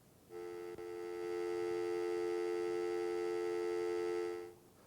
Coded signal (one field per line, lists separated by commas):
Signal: telephone call progress tone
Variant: North America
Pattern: dial tone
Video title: Ip Dialtone Keynote, Tom Lyon, Ipsilon Networks, Netword+InterOp 1997